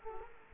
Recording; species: mosquito wingbeat signal from an infrared sensor; Culex quinquefasciatus